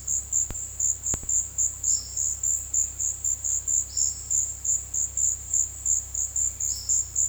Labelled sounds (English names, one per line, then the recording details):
Olive-faced Flatbill
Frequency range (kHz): Olive-faced Flatbill 3.8-5.9 kHz
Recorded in dense forest near Puerto Asís, Putumayo, Colombia, on 19 February 2024 at 17:30
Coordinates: 0.485, -76.322
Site G6406